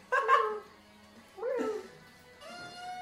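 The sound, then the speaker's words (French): A person imitates a cat with three meows: a bright, strained first cry, a second that swoops upward in pitch, and a final drawn-out, steadier mew trailing off. “Tu fais super bien le chat.”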